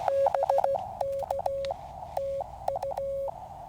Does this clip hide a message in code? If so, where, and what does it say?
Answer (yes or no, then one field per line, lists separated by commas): yes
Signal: Morse code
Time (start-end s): 0.1-3.3 s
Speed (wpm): 15 wpm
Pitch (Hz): 550 Hz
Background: none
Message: BKTU